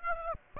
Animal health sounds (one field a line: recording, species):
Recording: mosquito wingbeat signal from an infrared sensor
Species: Aedes aegypti